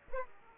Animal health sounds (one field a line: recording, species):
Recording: mosquito wingbeat signal from an infrared sensor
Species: Aedes aegypti